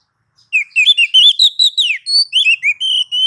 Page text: Kacer betina memanggil jantan. Suara Masteran Burung Kacer